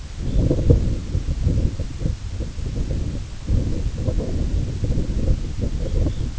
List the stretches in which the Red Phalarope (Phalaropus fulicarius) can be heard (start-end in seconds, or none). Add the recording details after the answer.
0.18-0.47, 5.76-6.28. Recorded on Arctic tundra, site IGLO-A, on 16 June 2018. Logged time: 13:59